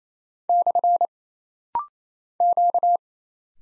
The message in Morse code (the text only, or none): / Q